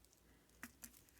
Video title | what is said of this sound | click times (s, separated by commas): About JEWELRY Making CHAIN and CLASPS - Beginner Basics Guide | and then fold it over and it snaps in place. | 0.6 s